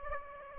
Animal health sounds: mosquito wingbeat signal from an infrared sensor; Aedes aegypti

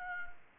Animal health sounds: mosquito wingbeat signal from an infrared sensor; Anopheles gambiae

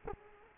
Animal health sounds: mosquito wingbeat signal from an infrared sensor; Culex quinquefasciatus

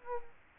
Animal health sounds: mosquito wingbeat signal from an infrared sensor; Culex quinquefasciatus

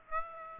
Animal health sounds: mosquito wingbeat signal from an infrared sensor; Aedes aegypti

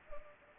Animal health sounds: mosquito wingbeat signal from an infrared sensor; Anopheles arabiensis

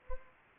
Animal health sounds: mosquito wingbeat signal from an infrared sensor; Anopheles gambiae

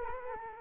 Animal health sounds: mosquito wingbeat signal from an infrared sensor; Culex quinquefasciatus

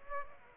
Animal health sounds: mosquito wingbeat signal from an infrared sensor; Aedes aegypti

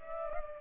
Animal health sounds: mosquito wingbeat signal from an infrared sensor; Culex pipiens

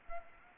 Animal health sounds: mosquito wingbeat signal from an infrared sensor; Anopheles gambiae

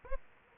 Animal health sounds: mosquito wingbeat signal from an infrared sensor; Aedes aegypti

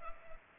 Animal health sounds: mosquito wingbeat signal from an infrared sensor; Culex pipiens

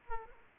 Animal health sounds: mosquito wingbeat signal from an infrared sensor; Aedes aegypti

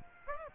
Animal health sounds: mosquito wingbeat signal from an infrared sensor; Aedes aegypti

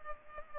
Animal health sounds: mosquito wingbeat signal from an infrared sensor; Culex pipiens

